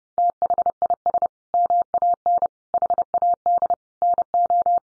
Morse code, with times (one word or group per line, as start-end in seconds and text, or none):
0.2-1.3 THIS
1.5-2.5 MAN
2.7-3.7 HAD
4.0-4.8 NO